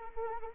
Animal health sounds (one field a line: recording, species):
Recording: mosquito wingbeat signal from an infrared sensor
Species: Anopheles arabiensis